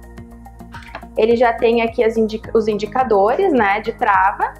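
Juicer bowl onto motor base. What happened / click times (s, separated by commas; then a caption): The bowl is being handled but has not yet locked onto the base / none. A plastic juicing bowl on a slow cold-press juicer is handled at its motor base, with a few faint taps near the start while music plays underneath. Someone talks over the music about the lock indicators, and the clip ends before the bowl goes home, so nothing has seated or clicked yet.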